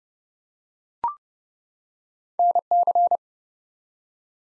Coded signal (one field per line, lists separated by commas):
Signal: Morse code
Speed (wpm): 30 wpm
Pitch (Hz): 700 Hz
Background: none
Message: NC